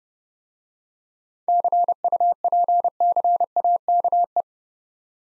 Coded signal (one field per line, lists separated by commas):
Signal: Morse code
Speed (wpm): 30 wpm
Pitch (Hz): 700 Hz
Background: none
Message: CUPCAKE